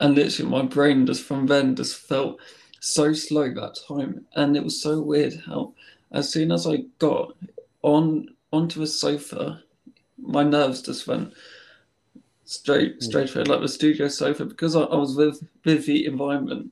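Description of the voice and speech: Adult man talking with repeated words, stretched sounds and hesitant pauses, fitting a mild stammer; his words may come out in a different way.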